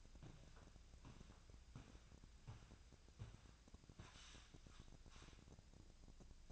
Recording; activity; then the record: daily activity, microphone in the room; walk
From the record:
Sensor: 2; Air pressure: 1012.1 hPa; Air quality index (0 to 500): 169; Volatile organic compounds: 2 ppm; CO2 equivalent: 1236 ppm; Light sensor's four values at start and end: 41/109/46/51 and 40/108/45/50